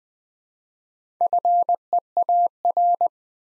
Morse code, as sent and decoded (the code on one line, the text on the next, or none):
..-. . .- .-.
FEAR